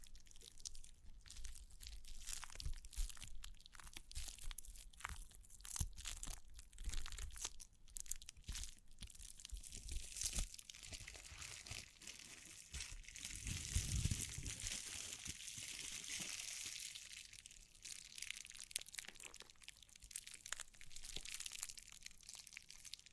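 Tapping, scratching and brushing over crinkly material, with dense irregular crackles and taps throughout. From around 10 to 17 seconds a bright, steady hiss of brushing builds and dominates, with a low thump near 14 seconds, before scattered crinkles and taps resume.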